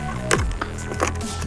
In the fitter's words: You just pull the legs out. They kind of snap into place.